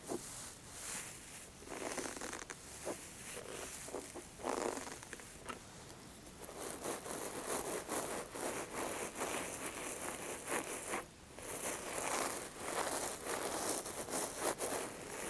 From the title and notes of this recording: Insanely Stimulating Eyebrow & Beard Measuring, Trimming, Massage. Scissors, fabric rustling, head massaging.